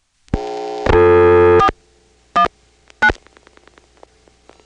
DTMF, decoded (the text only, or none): 419